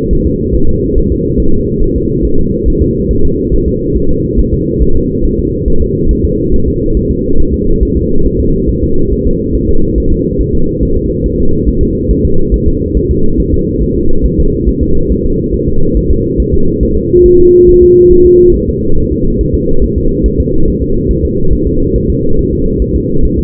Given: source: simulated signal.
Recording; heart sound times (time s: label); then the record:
fetal heart sounds
0.13 s: S1
0.27 s: S2
0.55 s: S1
0.69 s: S2
0.98 s: S1
1.12 s: S2
1.40 s: S1
1.54 s: S2
1.83 s: S1
1.97 s: S2
2.25 s: S1
2.39 s: S2
2.68 s: S1
2.82 s: S2
3.11 s: S1
3.25 s: S2
3.54 s: S1
3.68 s: S2
3.97 s: S1
4.11 s: S2
4.39 s: S1
4.54 s: S2
4.82 s: S1
4.96 s: S2
5.25 s: S1
5.39 s: S2
5.68 s: S1
5.82 s: S2
6.11 s: S1
6.25 s: S2
6.54 s: S1
6.68 s: S2
6.97 s: S1
7.11 s: S2
7.40 s: S1
7.54 s: S2
7.83 s: S1
7.97 s: S2
8.26 s: S1
8.40 s: S2
8.70 s: S1
8.84 s: S2
9.12 s: S1
9.27 s: S2
9.55 s: S1
9.69 s: S2
9.98 s: S1
10.12 s: S2
10.41 s: S1
10.55 s: S2
10.83 s: S1
10.97 s: S2
11.26 s: S1
11.40 s: S2
11.68 s: S1
11.83 s: S2
12.11 s: S1
12.25 s: S2
12.54 s: S1
12.68 s: S2
12.97 s: S1
13.11 s: S2
13.40 s: S1
13.54 s: S2
13.83 s: S1
13.97 s: S2
14.26 s: S1
14.40 s: S2
14.69 s: S1
14.83 s: S2
15.12 s: S1
15.26 s: S2
15.54 s: S1
15.68 s: S2
15.97 s: S1
16.11 s: S2
16.40 s: S1
16.54 s: S2
16.83 s: S1
16.97 s: S2
17.26 s: S1
17.40 s: S2
17.69 s: S1
17.83 s: S2
18.12 s: S1
18.26 s: S2
18.55 s: S1
18.70 s: S2
18.98 s: S1
19.12 s: S2
19.41 s: S1
19.55 s: S2
19.84 s: S1
19.98 s: S2
20.26 s: S1
20.40 s: S2
20.68 s: S1
20.82 s: S2
21.11 s: S1
21.25 s: S2
21.53 s: S1
21.67 s: S2
21.96 s: S1
22.10 s: S2
22.39 s: S1
22.53 s: S2
22.82 s: S1
22.96 s: S2
23.25 s: S1
23.39 s: S2
From the record:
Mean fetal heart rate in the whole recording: 140 bpm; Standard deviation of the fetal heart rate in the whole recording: 2 bpm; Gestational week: 34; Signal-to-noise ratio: -19.1 dB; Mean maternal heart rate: 72 bpm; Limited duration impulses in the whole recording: present